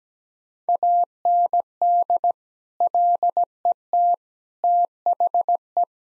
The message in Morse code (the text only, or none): AND LET THE